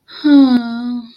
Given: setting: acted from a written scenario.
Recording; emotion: vocal sound without words; disappointment